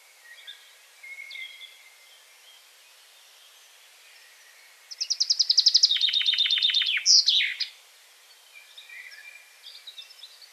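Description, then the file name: Common chaffinch sings one descending trill ending in an emphatic flourish, with faint notes before and after. "Fringilla coelebs"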